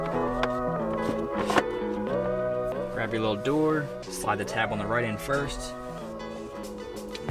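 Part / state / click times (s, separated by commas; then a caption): cabin air filter access door into the filter housing behind the glove box / not seated / none. On a 2002–2006 Honda CR-V, the plastic cabin air filter access door is set into the filter housing behind the glove box, right-end tab first, during a Fram cabin filter install. Over background music someone talks, with a few brief sharp handling knocks. The door is still only being handled, and nothing has seated or clicked yet.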